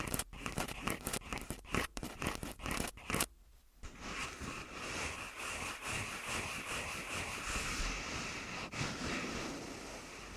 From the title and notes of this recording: ASMR Tascam Full Body Tapping & Scratching (No Talking).